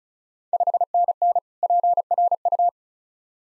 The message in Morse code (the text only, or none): 5NN PRU